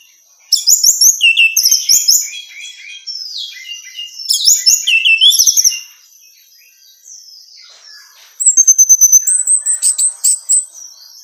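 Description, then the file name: Orange-headed thrush delivering loud, rapid bursts of squeaky whistles and chirps in three phrases, the last a quick repeated series, with a faint high hum behind. Female bird. "suara burung anis merah betina"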